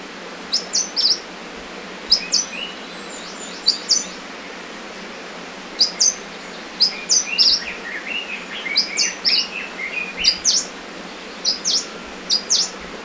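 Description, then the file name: Claudia's leaf warbler, repeated clusters of piercing high call notes every second or two, mixed with a run of lower, softer chirps midway and steady background hiss. Call, at Hupingshan, Hunan, China, on 2 July 2012. "Claudia Leaf Warbler Call Hunan Hu Ping Shan 20120702"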